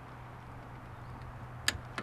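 A torque wrench is pulled on the crankshaft pulley bolt of a 1996 Toyota Camry engine, with the pulley held by the old timing belt and vice grips, until it clicks at its setting of about 45 ft-lb. Over a low steady hum, the wrench gives a sharp click at 1.7 s, followed by a fainter tick at about 2.0 s. The torque setting is confirmed as reached.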